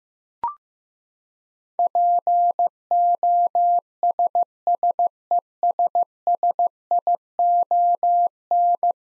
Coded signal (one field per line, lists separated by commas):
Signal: Morse code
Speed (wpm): 15 wpm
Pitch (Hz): 700 Hz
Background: none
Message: POSSESSION